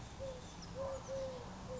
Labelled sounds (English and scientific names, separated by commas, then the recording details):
Eurasian Collared Dove (Streptopelia decaocto)
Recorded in Sonoma County, California